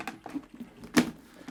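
The front switch on an HJC RPHA 90S modular motorcycle helmet is pressed and the chin bar is raised, with a few faint taps and rattles before it snaps into the locked upright position with a sharp click at 1.0 s. The chin bar seats firmly upright in a smooth, solid action.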